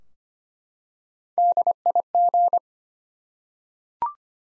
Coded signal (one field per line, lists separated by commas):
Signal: Morse code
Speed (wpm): 25 wpm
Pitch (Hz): 700 Hz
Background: none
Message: DIG